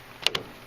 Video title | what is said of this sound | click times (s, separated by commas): Mazda 626 - Replacing the 1993-1997 Grille | once you get this in place these will snap in and you'll hear a click | 0.3 s, 0.4 s